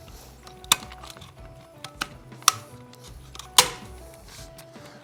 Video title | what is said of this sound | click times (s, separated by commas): How To Install An AR15 Drop-In Handguard | cool so here to click into place there you look at the delta ring inspect it you can see that it is engaging with the handguard properly it's not canted at a weird angle | 3.6 s